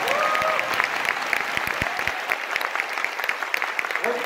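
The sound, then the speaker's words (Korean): A crowd breaks into sustained applause, a dense steady patter of many hands clapping at a fairly loud, even level for several seconds, with a few faint voices mixed in. “이 대목에 박수 한번 쳐주셔야 됩니다.”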